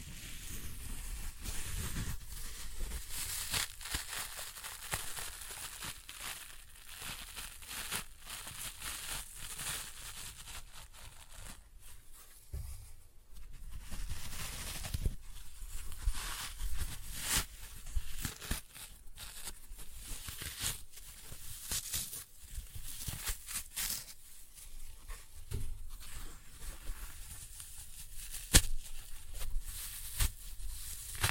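Floral foam covered in glitter is crushed, giving a steady run of dry, crunchy crackles and soft crumbling. The crunches come irregularly several times a second, with louder snaps now and then, including a sharp one near 28 seconds, over faint low rumbling.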